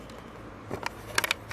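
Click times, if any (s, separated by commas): 1.2 s, 1.3 s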